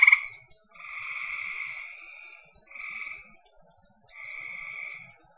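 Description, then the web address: Frog trilling in separate bursts, starting with a short loud pulsed call, softer ones following. "cn frogs"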